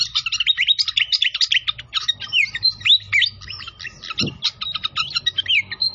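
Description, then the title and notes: Pied fantail in rapid song, with many bright whistled notes bending up and down in a continuous jumble and a low rumbling background throughout. Masteran (training), clear voice, mixed with the sound of flowing water. "Masteran Sikatan Kipas Suara Jernih Dan Suara Gemericik Air. Suara Burung Sikatan Londo"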